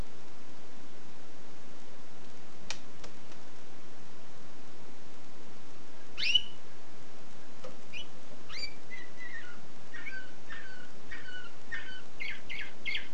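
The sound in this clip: Canary song starting after a quiet stretch with a few clicks, then an upward-sweeping whistle and a series of repeated chirped notes.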